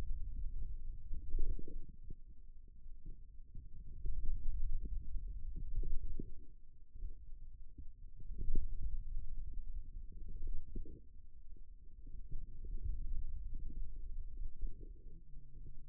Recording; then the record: forearm muscle sounds (acoustic myography)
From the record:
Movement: pen grasping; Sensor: system 2, bracelet of six BSWA MPA416 microphones around the upper forearm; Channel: 4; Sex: male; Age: 22 years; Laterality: right